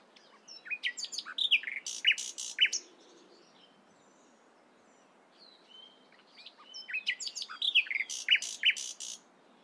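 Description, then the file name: Common nightingale singing two phrases of varied chirps, sharp whistles and quick repeated notes, separated by a pause of about three seconds. "Luscinia megarhynchos"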